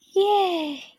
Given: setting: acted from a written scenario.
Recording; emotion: vocal sound without words; romantic love